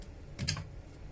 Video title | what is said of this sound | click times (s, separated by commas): Les fameux raccords tectite | Voilà, vous avez entendu le petit clic à la fin, le raccord là est sorti, tout va bien. | 0.5 s